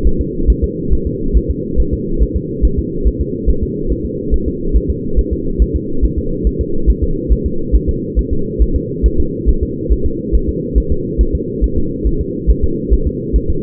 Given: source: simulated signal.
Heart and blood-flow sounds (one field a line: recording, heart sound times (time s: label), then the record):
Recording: fetal heart sounds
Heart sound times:
0.07 s: S1
0.21 s: S2
0.50 s: S1
0.64 s: S2
0.93 s: S1
1.07 s: S2
1.37 s: S1
1.51 s: S2
1.80 s: S1
1.94 s: S2
2.23 s: S1
2.36 s: S2
2.65 s: S1
2.79 s: S2
3.07 s: S1
3.21 s: S2
3.49 s: S1
3.63 s: S2
3.92 s: S1
4.06 s: S2
4.34 s: S1
4.48 s: S2
4.77 s: S1
4.90 s: S2
5.19 s: S1
5.33 s: S2
5.62 s: S1
5.76 s: S2
6.04 s: S1
6.18 s: S2
6.47 s: S1
6.61 s: S2
6.90 s: S1
7.04 s: S2
7.32 s: S1
7.46 s: S2
7.76 s: S1
7.89 s: S2
8.19 s: S1
8.33 s: S2
8.62 s: S1
8.76 s: S2
9.06 s: S1
9.20 s: S2
9.49 s: S1
9.63 s: S2
9.92 s: S1
10.06 s: S2
10.35 s: S1
10.49 s: S2
10.78 s: S1
10.92 s: S2
11.21 s: S1
11.35 s: S2
11.64 s: S1
11.78 s: S2
12.07 s: S1
12.21 s: S2
12.50 s: S1
12.64 s: S2
12.93 s: S1
13.07 s: S2
13.36 s: S1
13.50 s: S2
From the record:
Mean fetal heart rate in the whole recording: 140 bpm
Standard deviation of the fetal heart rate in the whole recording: 2 bpm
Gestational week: 34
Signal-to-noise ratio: -8.1 dB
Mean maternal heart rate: 72 bpm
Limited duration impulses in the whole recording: absent